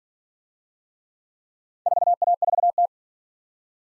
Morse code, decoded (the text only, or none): 4A4T